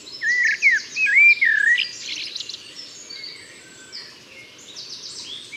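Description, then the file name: Common blackbird opening with a loud, looping fluted phrase, followed by scratchy high twittering. "Turdus merula"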